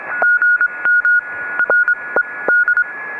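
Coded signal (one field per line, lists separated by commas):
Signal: Morse code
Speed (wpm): 24 wpm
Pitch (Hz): 1440 Hz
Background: none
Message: GM RED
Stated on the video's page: Morse sent with a pressure paddle during a combined SOTA/POTA mountaintop activation in high winds, antenna on a carbon fiber mast.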